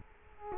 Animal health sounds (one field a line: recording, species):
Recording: mosquito wingbeat signal from an infrared sensor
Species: Culex quinquefasciatus